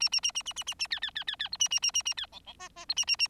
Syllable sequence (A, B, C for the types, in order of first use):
A A A A A A A A B B B B B C A A A A A B D D E E C A A A